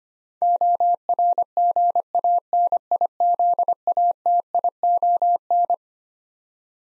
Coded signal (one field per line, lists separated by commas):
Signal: Morse code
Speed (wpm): 25 wpm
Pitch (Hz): 700 Hz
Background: none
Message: ORGANIZATION